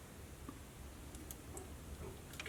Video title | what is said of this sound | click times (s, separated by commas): Repair vintage audio Kenwood KX-54 NAD TEAC cassette deck, common mechanical fault resolved | okay so that's one cap and it clicks right in | 2.4 s